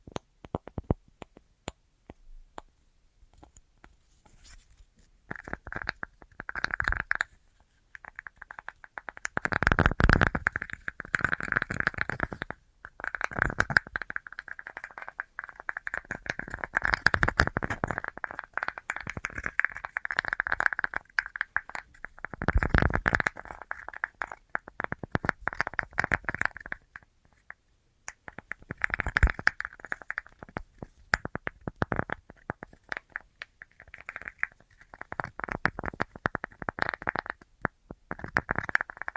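An assortment of tapping, with quick clicks and taps scattered densely through the whole stretch. From about five seconds on, a softer rubbing or scratching texture rides along beneath them. Louder full-bodied knocks break through near 10, 13, 23 and 29 seconds.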